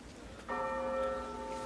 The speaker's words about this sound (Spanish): ¿Qué es eso? La campana.